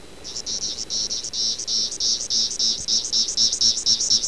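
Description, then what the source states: Decula periodical cicada calling in a rapid pulsing series of short, high-pitched, rasping bursts. Recorded in Michigan.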